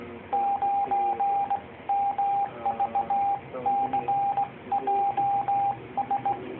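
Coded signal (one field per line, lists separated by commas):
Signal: Morse code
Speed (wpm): 18 wpm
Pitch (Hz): 800 Hz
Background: radio noise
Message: 9MVCJS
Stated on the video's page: Morse on 21 MHz relaying message traffic between regional headquarters during a GlobalSET emergency exercise.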